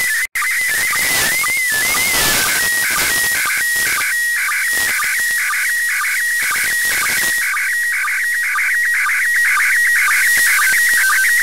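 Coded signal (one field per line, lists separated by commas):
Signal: SSTV (slow-scan television)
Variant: PD 120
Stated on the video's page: ISS SSTV received on 2 meters with a NooElec NESDR Smart SDR and Ringo Ranger antenna; raw capture.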